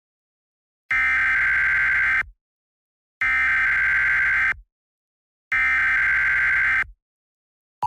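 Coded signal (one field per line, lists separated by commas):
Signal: Emergency Alert System (SAME) tones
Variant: header bursts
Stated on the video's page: Fictional EAS scenario, tsunami.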